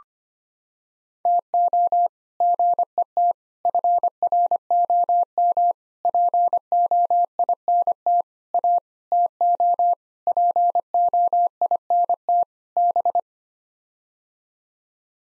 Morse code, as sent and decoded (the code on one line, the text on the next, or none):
- --- / --. . - / ..-. .-. --- -- / .--. --- .. -. - / .- / - --- / .--. --- .. -. - / -...
TO GET FROM POINT A TO POINT B